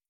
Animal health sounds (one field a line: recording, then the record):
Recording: hydrophone in a shrimp aquaculture tank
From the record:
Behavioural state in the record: starved